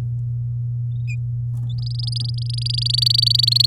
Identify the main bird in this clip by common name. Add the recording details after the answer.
Domestic Canary. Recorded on 10 May 2018 at 07:22. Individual llb16